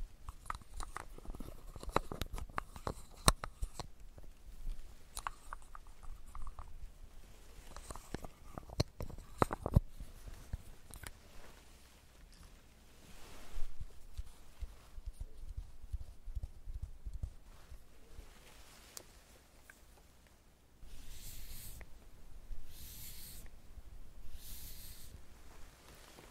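Makeup being done: small clicks, taps and light scraping of tools come in irregular clusters, densest in the first ten seconds. Quieter handling follows, then from about 21 seconds three bright, hissing bursts sound at roughly one-second intervals.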